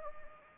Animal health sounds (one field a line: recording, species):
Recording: mosquito wingbeat signal from an infrared sensor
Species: Anopheles gambiae